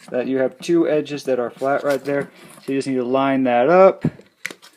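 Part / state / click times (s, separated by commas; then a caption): plastic tail piece into the toy dinosaur's body socket / not seated / none. Someone talks while lining up the flat edges of the plastic tail of a Jurassic World Dino Trackers Habitat Defender Triceratops toy with the socket at the back of its body. Short handling taps are heard near 4.5 s, but the tail has not yet seated or clicked into the body.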